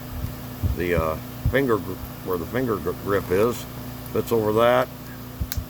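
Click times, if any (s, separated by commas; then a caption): 5.5 s. A homemade knife sheath's retaining strap is fitted over the knife's finger grip while someone talks over a steady background hum. The strap's snap fastener is pressed closed with a sharp snap at 5.5 s and fastens in place.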